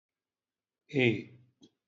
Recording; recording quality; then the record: sustained vowel as in made; excellent, no background noise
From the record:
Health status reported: healthy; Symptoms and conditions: none ticked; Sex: male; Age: 50 years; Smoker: not ticked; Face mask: not worn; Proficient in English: yes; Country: India